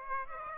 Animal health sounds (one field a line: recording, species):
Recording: mosquito wingbeat signal from an infrared sensor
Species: Aedes aegypti